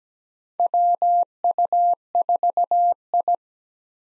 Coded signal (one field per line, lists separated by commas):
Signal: Morse code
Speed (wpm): 17 wpm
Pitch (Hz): 700 Hz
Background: none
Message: WU4I